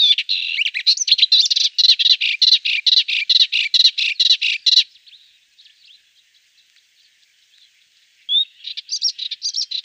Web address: Schulze Peter Melodious Warbler song